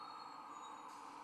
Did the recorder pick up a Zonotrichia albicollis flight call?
no